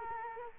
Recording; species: mosquito wingbeat signal from an infrared sensor; Culex quinquefasciatus